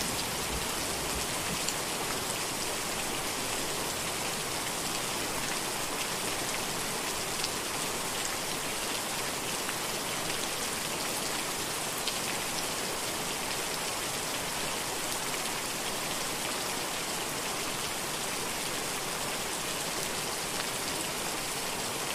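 Gentle rain falls steadily at night, a soft, even hiss of many fine drops with no pauses or swells. The sound is dense and airy, leaning bright, with faint individual patters on a surface scattered through it and nothing else in the background.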